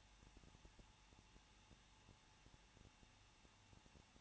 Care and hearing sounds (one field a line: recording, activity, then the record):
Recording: daily activity, microphone in the room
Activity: no activity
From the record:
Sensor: 1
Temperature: 20.1 degrees Celsius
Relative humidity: 39.2%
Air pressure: 1006.3 hPa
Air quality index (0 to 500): 217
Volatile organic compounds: 76 ppm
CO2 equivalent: 3573 ppm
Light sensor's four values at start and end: 1/2/1/1 and 1/2/1/1